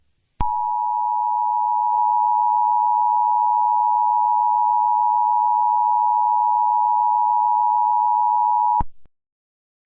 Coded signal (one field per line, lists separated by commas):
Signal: Emergency Alert System (SAME) tones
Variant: 853 and 960 Hz attention tone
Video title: EAS Scenario #4: The Grey Goo Spill